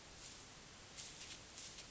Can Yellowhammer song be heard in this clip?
no